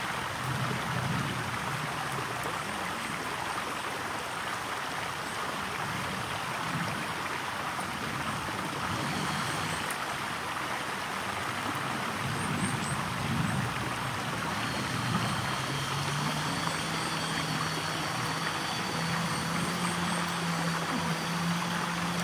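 A spring stream runs without pause, a steady, dense rushing wash that barely changes in level for the whole stretch. A low engine-like hum rises underneath from about fifteen seconds on, and faint, thin high chirps appear now and then.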